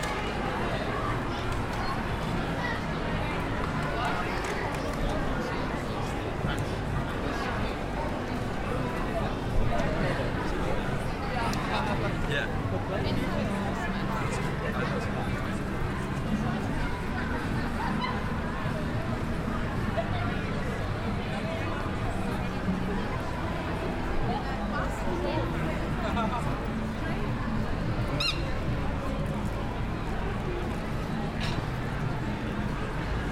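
Crowds of families, tourists and shoppers fill Covent Garden at Christmas with a constant murmur of overlapping voices. The babble stays dense and even throughout, with occasional brief clicks and knocks, one slightly louder bump near ten seconds.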